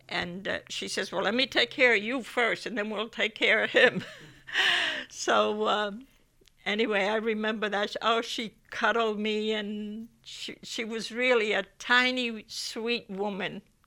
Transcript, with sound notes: And she says, "Well, let me take care of you first, and then we'll take care of him." (she laughs) So anyway, I remember that. Oh, she cuddled me, and she, she was really a tiny, sweet woman.